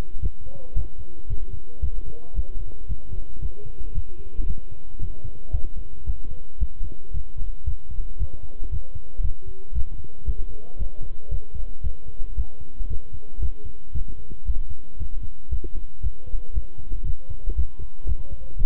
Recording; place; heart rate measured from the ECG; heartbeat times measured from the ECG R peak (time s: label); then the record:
heart sounds by stethoscope; between the tricuspid and mitral areas; 114 bpm
0.22 s: heartbeat
0.76 s: heartbeat
1.29 s: heartbeat
1.82 s: heartbeat
2.36 s: heartbeat
2.89 s: heartbeat
3.42 s: heartbeat
3.94 s: heartbeat
4.48 s: heartbeat
5.01 s: heartbeat
5.53 s: heartbeat
6.06 s: heartbeat
6.60 s: heartbeat
7.14 s: heartbeat
7.66 s: heartbeat
8.19 s: heartbeat
8.71 s: heartbeat
9.23 s: heartbeat
9.74 s: heartbeat
10.26 s: heartbeat
10.79 s: heartbeat
11.31 s: heartbeat
11.83 s: heartbeat
12.37 s: heartbeat
12.89 s: heartbeat
13.41 s: heartbeat
13.94 s: heartbeat
14.47 s: heartbeat
14.99 s: heartbeat
15.51 s: heartbeat
16.03 s: heartbeat
16.55 s: heartbeat
17.06 s: heartbeat
17.57 s: heartbeat
18.08 s: heartbeat
18.58 s: heartbeat
From the record:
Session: walking at 3.7 km/h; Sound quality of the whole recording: good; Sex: male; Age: 25 years